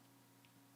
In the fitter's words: it snaps into place very nice